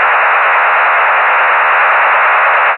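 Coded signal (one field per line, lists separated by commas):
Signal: HF data modem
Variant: STANAG 4285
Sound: steady, dense rushing roar like band-limited hiss, constant for the whole clip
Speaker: these are nato transmissions coded communications from nato and they're called stanag 4285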